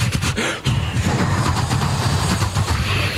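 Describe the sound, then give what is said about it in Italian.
A voice imitates the pedal-operated suction flush of a train toilet: a loud, steady, rough rumbling whoosh that holds for about three seconds, with a brief dip just after the start. “E poi quando andava sul treno sempre faceva l'imitazione del bagno sui treni.”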